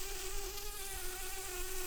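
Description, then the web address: Brown-banded carder bee buzzing, a steady, even hum with a constant low pitch and rich overtones lasting the whole two seconds. Queens. "Humilis queens"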